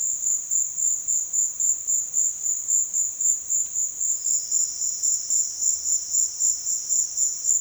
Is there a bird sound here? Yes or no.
no